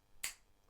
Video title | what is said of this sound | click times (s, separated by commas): How to Unclog a Tub or Sink Drain: Dad Uses EastLink Steel Snake | to the piece on the end of our handle right there and slide that right in until it clicks. | 0.2 s